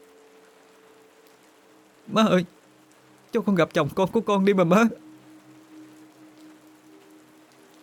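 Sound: rain falling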